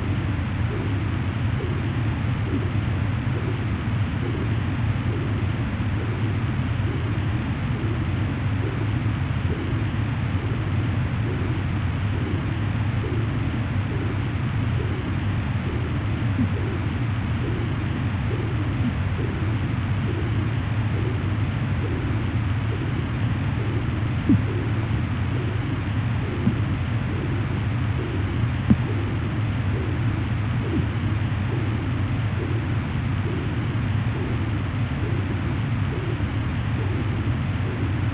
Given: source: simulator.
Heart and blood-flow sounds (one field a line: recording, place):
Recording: transcranial Doppler ultrasound of blood flow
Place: internal carotid artery (ICA)